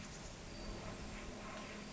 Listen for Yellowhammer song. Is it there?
no